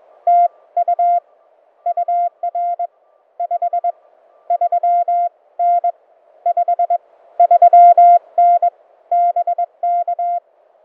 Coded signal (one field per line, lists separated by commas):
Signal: Morse code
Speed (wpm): 22 wpm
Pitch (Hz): 700 Hz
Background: none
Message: TU UR 53N 53N BK